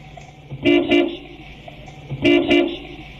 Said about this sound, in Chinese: 随后呢，我们听到他按了两声喇叭，那这之后发生了什么呢？